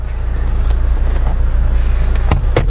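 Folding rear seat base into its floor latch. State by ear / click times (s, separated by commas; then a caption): seated / 2.6 s. A third-row seat base in a 2017 Mitsubishi Pajero Sport QE Exceed Wagon is pulled down by hand into its floor latch over a steady low hum. Softer knocks come at 2.2 and 2.3 seconds, then a short metallic clunk at 2.6 seconds as the latch engages the floor mount. The seat base is locked into place.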